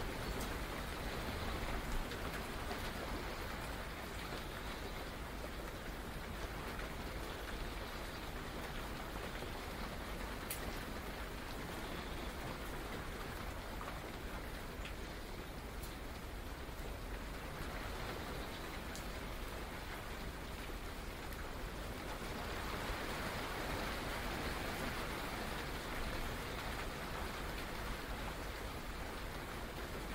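Steady, dense rain falls for the whole stretch, a constant hiss with a low rumble underneath and a few brief sharper ticks.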